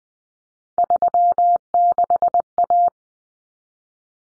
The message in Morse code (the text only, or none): 36A